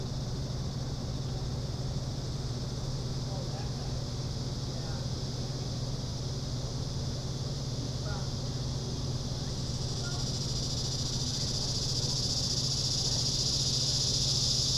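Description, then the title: Cicadas keep up a softer, even high-pitched buzz that swells louder over the last few seconds, with a low hum underneath. Cicadas heard in summer. "neoscenes: summer cicadas"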